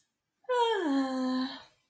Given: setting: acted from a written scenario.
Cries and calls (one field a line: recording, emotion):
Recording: vocal sound without words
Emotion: serenity